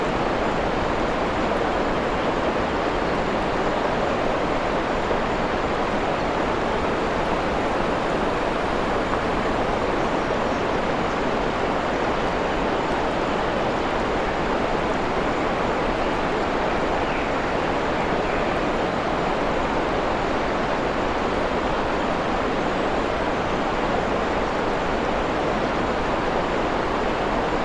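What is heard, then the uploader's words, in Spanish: A forest waterfall pours without pause, a dense, steady rush that fills everything from low rumble to bright hiss. The sound holds constant for the whole stretch, unbroken, with no distinct events standing out above the falling water. Cascada en un Claro del Bosque. Un claro recluso en Wales, donde la melodiosa cascada crea un ambiente relajante.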